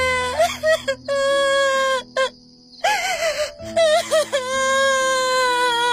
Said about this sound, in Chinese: 大喜呜呜地哭起来，越哭声音越大。